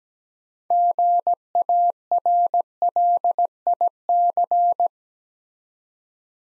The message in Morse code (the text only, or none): GARLIC